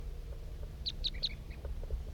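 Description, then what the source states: Crossbill flight calls: three short, sharp chip notes close together near the middle, over a steady low rumble of background noise. Wild male crossbill coming in toward a captive calling crossbill on a hilltop; 8:21.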